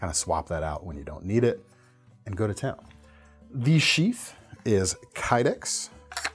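A fixed-blade knife is handled near its kydex sheath while someone talks. A few short sharp transients sound near the very end, around 6.1–6.3 s. The knife has not seated or clicked into the sheath yet.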